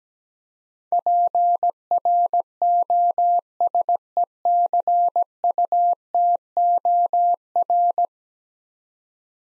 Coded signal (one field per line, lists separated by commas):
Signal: Morse code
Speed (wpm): 17 wpm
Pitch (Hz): 700 Hz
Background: none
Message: PROSECUTOR